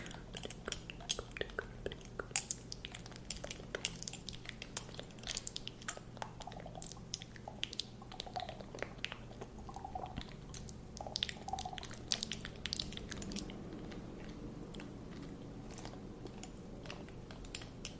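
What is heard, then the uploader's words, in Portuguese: A dropper makes quick, irregular small clicks, squelches and liquid drips, with a faint steady low hum underneath. ASMR focado em sons com o objeto: conta-gotas.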